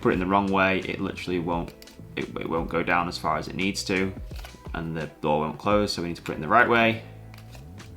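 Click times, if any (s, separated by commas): none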